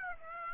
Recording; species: mosquito wingbeat signal from an infrared sensor; Aedes aegypti